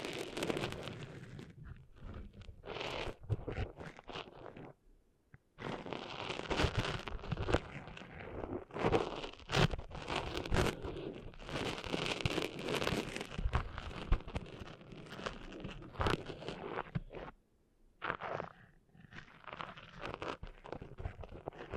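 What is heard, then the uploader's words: Someone cleaning sand out of their ears makes dense scratchy rustling and gritty scraping in bursts, broken by brief silences near five and seventeen seconds. ASMR Cleaning Sand Out of Your Ears (No Talking).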